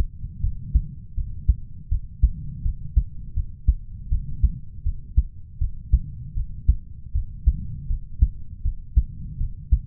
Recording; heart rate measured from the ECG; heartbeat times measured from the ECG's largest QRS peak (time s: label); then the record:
heart sounds by stethoscope; 80 bpm
0.40 s: heartbeat
1.14 s: heartbeat
1.88 s: heartbeat
2.62 s: heartbeat
3.33 s: heartbeat
4.08 s: heartbeat
4.82 s: heartbeat
5.58 s: heartbeat
6.33 s: heartbeat
7.12 s: heartbeat
7.87 s: heartbeat
8.62 s: heartbeat
9.37 s: heartbeat
From the record:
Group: healthy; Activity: rest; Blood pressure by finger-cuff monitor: 89/65 mmHg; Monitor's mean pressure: 72 mmHg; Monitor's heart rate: 80 bpm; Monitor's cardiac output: 6.1 L/min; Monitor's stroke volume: 75 mL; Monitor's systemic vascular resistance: 850 dyn s/cm5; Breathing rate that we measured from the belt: 34 breaths a minute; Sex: male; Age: 20 years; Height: 187 cm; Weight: 68.9 kg